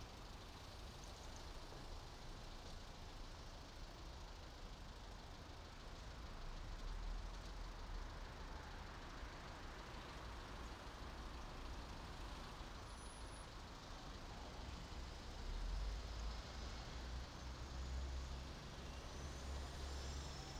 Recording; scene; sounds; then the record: everyday scene through a hearing-aid microphone; in traffic; traffic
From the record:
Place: main city hub, rush hour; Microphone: in the ear canal, right